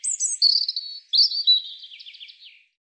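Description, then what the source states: European robin song: a high whistled opening, sliding warbled notes, then a fast descending run of clipped trill notes fading out. Recorded 2025.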